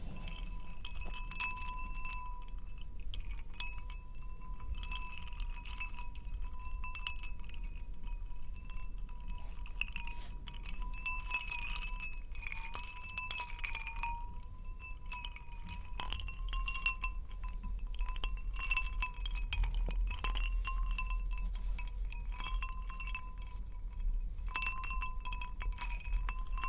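Crystals, beads and jewels tap and clink together, with bright little hits scattered densely across the clip, about every second or faster. A steady high ringing tone holds throughout, wavering slightly in pitch, over a low rumbling bed and soft scratching.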